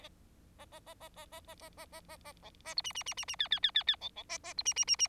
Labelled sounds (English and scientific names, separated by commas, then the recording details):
Bengalese Finch (Lonchura striata domestica) song
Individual Bird4